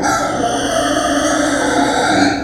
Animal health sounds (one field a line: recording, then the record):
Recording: squeal of a Yucatan mini pig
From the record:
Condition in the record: before surgery on the right vocal fold (resection and tissue-engineered implant)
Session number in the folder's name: 3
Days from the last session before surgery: 0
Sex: female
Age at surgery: 19 weeks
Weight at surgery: 25 kg